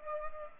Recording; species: mosquito wingbeat signal from an infrared sensor; Culex pipiens